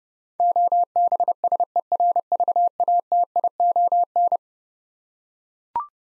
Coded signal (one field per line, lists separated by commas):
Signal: Morse code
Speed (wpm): 32 wpm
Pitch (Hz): 700 Hz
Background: none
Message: OBSERVATION